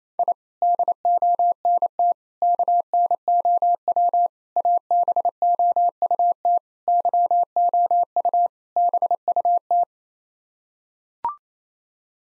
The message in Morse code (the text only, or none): I DONT KNOW ABOUT YOU BUT